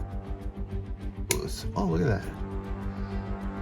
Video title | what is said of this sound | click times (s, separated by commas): PART 2 124 scale F1 | oh look at that that snaps right in place | 1.3 s